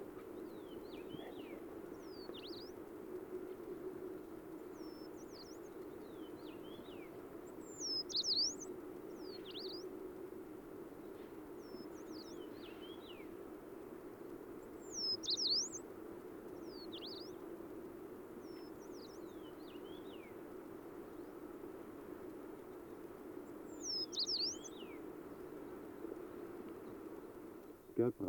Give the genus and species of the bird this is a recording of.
Phylloscopus inornatus